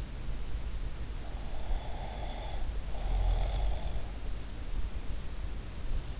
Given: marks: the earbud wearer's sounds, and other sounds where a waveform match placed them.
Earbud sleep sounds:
sounds in sleep by an in-ear microphone; snoring breath
1.38-4.11 s: snoring breath

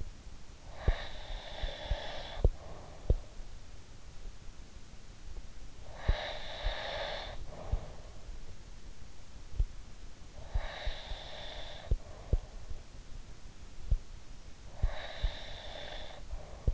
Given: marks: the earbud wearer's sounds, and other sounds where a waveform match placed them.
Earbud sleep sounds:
sounds in sleep by an in-ear microphone; breath
0.57-3.37 s: breath
5.99-8.27 s: breath
10.28-12.62 s: breath
14.77-16.74 s: breath

